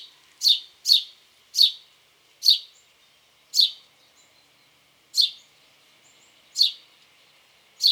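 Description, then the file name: House sparrow chirping, eight short bright downslurred chirps at uneven gaps over eight seconds, some close together, with a few faint soft notes between. "Passer domesticus"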